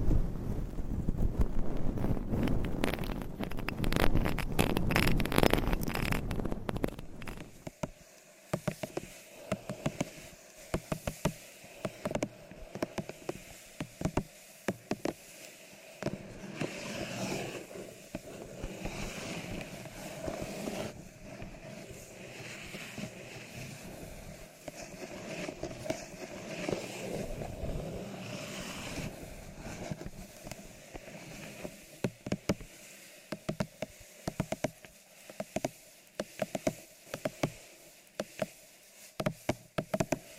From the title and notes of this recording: ASMR Mic Scratching , Tapping & Brushing with Different Mic Covers , Brushes & Nails No Talking.